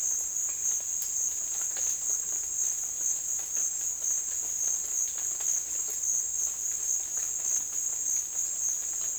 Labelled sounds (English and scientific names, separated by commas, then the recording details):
none
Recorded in dense forest near Puerto Asís, Putumayo, Colombia, on 24 June 2025 at 15:30
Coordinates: 0.484, -76.325
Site H65